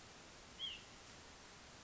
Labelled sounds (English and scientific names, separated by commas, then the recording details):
White-breasted Nuthatch (Sitta carolinensis)
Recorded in Sonoma County, California